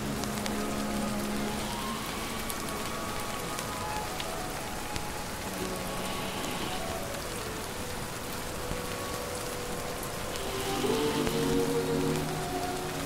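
Steady rain patters throughout, dense and even, with faint tonal lines of 40s music drifting under it and swelling slightly near eleven seconds.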